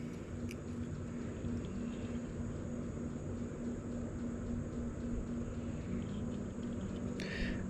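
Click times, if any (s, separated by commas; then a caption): none. Someone works the plastic cover of a SimpliSafe wireless door sensor onto its base, pressing it to snap shut, over a steady low hum with soft handling rustle and a few faint ticks. The cover does not close because a wire is pinched in the seam, so nothing has snapped shut yet.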